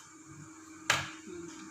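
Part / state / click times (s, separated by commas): RAM module into motherboard memory slot / seated / 0.9 s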